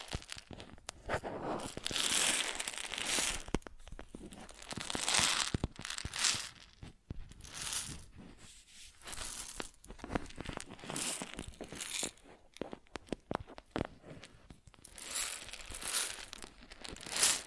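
Grain sounds: dry, crackling rustles and crunches as grains shift and pour, swelling into dense bright bursts around two, five and ten seconds. Between the louder stretches come quieter patches of scattered ticks and crinkles, with sharp individual clicks throughout.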